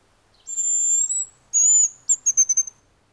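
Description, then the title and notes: Hazel grouse song: a very high, thin drawn-out whistle, a second shorter whistle, then a quick stuttering run of short high notes. "Pyy. Juha Laaksonen"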